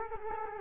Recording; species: mosquito wingbeat signal from an infrared sensor; Culex quinquefasciatus